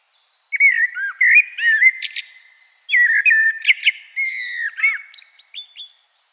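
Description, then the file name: Common blackbird singing two close phrases of mellow whistled notes, each finishing with a scratchy high-pitched twitter. "Turdus merula"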